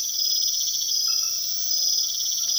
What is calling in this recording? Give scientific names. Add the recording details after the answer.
none. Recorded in secondary vegetation near Puerto Asís, Putumayo, Colombia, on 19 February 2024 at 02:00. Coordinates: 0.500, -76.326. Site G6428